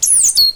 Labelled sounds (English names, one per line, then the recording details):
Stitchbird song
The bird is a male
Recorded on Tiritiri Matangi Island, New Zealand, in 2005
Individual 8, of nest box 10